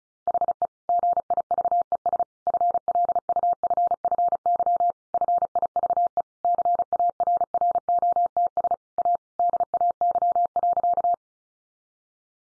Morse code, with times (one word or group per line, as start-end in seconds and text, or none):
0.3-0.7 HE
0.9-2.2 GIVES
2.5-4.9 FLUFFY
5.1-6.2 FIVE
6.4-8.7 CARROTS
9.0-9.2 A
9.4-11.1 DAY.